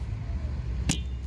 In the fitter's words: get it on the hook and just snaps in place